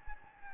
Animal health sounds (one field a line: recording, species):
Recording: mosquito wingbeat signal from an infrared sensor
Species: Anopheles gambiae